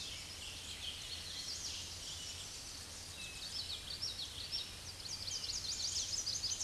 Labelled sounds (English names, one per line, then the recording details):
Common Yellowthroat song
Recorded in a Pennsylvania forest on 16 May 2024 at 07:07
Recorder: AudioMoth, point MSD-2040
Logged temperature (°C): 15.3 °C
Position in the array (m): 51 m, 156 m